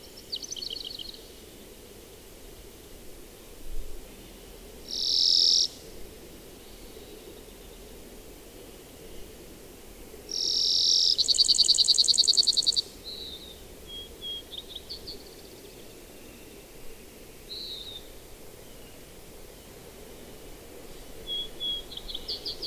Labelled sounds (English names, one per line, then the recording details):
Brewer's Sparrow song
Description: Brewer's Sparrow song recorded in Upper Beaver Meadows in Rocky Mountain National Park
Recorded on 24 June 2015